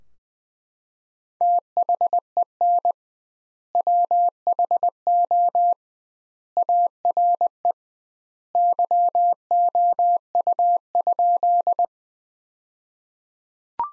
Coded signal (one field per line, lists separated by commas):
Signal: Morse code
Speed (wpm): 20 wpm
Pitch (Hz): 700 Hz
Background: none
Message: THEN WHO ARE YOU?